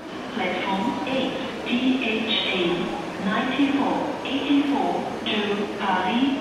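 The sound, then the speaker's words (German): A public-address announcement at a train station: a steady, slightly tinny amplified voice speaks continuously for several seconds over a faint background rumble, referring to the Thalys train only by an abbreviation in railway jargon. “In der Lautsprecheransage taucht der Thales nicht mehr mit seinem richtigen Zugnamen auf, sondern nur noch als Kürzel im Eisenbahnerjargon.”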